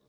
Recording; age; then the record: pig call; piglet (1 to 25 days)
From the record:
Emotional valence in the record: positive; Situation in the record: reunion after long isolation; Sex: male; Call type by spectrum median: low-frequency call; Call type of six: low-frequency stable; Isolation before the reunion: 8 minutes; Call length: 0.08 s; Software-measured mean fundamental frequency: 45 Hz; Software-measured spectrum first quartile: 331 Hz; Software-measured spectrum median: 782 Hz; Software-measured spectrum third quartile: 4293 Hz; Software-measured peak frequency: 440 Hz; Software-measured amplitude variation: 23 dB a second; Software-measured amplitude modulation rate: 18.1 a second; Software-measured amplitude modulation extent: 1.3 dB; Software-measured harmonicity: 1.8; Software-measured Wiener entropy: -2.44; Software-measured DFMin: 610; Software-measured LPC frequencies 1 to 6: 461, 1128, 1944, 3735, 5379, 6963 Hz